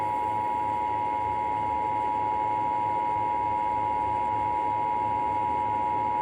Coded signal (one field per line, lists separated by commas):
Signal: Emergency Alert System (SAME) tones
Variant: 853 and 960 Hz attention tone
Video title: Non-AMBER Alert November...FAILED. || EAS Alerts from November 2024 (EAS #3,097-3,107)